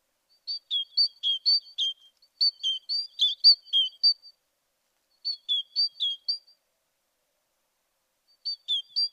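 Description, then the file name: Great tit calling in rapid chattering runs of high chirps, several bursts separated by short gaps, otherwise quiet. "Parus major"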